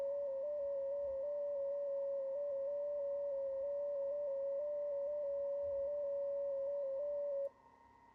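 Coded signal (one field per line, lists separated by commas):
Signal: FT8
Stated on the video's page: FT8 sent from the MBPTRX transceiver's built-in FT8 mode, answering a CQ and calling CQ.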